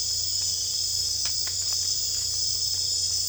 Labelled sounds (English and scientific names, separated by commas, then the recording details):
none
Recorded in secondary vegetation near Puerto Asís, Putumayo, Colombia, on 22 December 2024 at 23:00
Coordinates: 0.484, -76.319
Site GP06